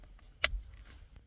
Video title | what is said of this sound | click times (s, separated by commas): How To: Replace Window, Door Mirror or Heated Seat Switch on Mercedes W124 E-Class | and you will hear clips clicking, and that's it. | 0.4 s